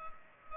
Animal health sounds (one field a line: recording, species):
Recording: mosquito wingbeat signal from an infrared sensor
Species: Culex pipiens